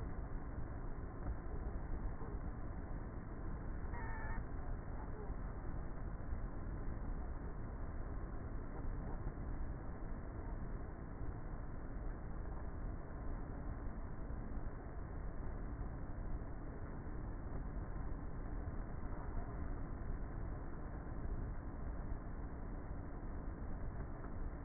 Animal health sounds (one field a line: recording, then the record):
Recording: honeybee colony, microphone inside the hive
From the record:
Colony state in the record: queenless with a low population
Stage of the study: before two queens were removed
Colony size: about 30,000 bees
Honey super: no